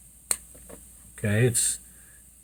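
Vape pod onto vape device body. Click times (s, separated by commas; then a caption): 0.3 s. A replacement pod is pushed onto an Aegis Boost vape body and snaps home with a single sharp click at 0.3 s, showing it has seated in place. Someone then talks briefly over otherwise quiet background.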